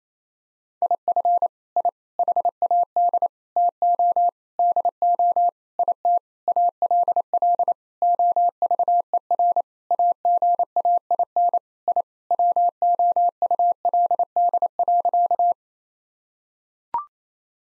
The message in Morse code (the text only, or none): IF I HAD TO DO IT ALL OVER AGAIN I WOULD.